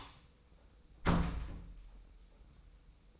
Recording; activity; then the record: daily activity, microphone in the room; close door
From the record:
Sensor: 1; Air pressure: 990.5 hPa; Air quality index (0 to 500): 156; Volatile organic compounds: 1000 ppm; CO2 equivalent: 5673 ppm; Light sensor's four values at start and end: 33/74/32/35 and 33/75/33/35